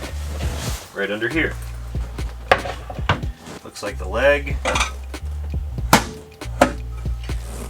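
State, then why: Seated. While taking down the dinette table in an overland camper, a table leg is fitted into its storage mount under the seat as someone talks over a steady low hum. Sharp knocks come at about 2.5 and 3.1 seconds, then two loud clicks at 5.9 and 6.6 seconds as the leg clicks into place and is seated.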